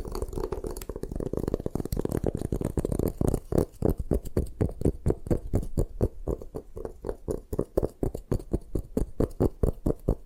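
A block of gym chalk is crushed and broken apart. Dense, gritty crunching fills the first three seconds, then settles into a steady run of sharp, separate crunches and taps, roughly three or four per second, mostly low and dull with a crisp edge.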